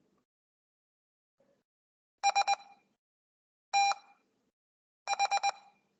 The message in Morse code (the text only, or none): STH